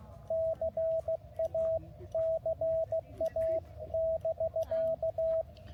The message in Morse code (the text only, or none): CA CA <BK>